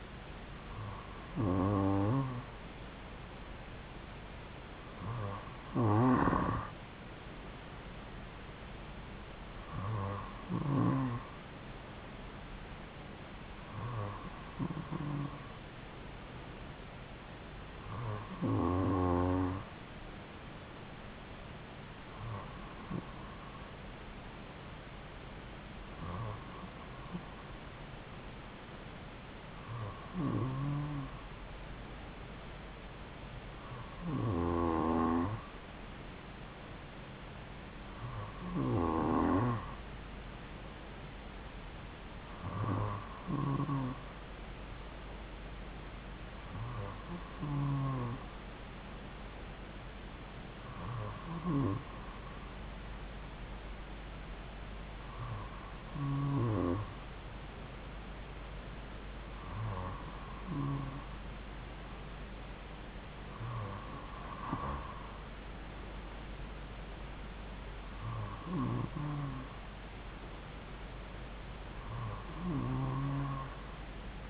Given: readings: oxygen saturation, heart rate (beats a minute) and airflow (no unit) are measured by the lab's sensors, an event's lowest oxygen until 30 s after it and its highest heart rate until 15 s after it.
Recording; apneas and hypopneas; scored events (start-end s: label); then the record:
breathing in sleep by a voice recorder at the bedside; none
29.00-74.30 s: new sleep stage, N3 (deep sleep)
From the record:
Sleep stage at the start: N2 (light sleep); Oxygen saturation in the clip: 94 to 95%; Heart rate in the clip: 54 to 57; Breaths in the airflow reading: 18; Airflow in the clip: -2.6 to 2.7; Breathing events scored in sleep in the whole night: 270 in 6.1 hours asleep